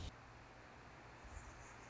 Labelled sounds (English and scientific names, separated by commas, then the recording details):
Anna's Hummingbird (Calypte anna)
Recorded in Sonoma County, California